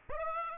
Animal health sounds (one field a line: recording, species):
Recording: mosquito wingbeat signal from an infrared sensor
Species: Aedes aegypti